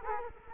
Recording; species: mosquito wingbeat signal from an infrared sensor; Culex quinquefasciatus